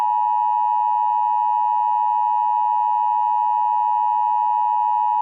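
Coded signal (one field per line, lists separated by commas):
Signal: Emergency Alert System (SAME) tones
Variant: 853 and 960 Hz attention tone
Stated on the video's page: Mock EAS tornado scenario.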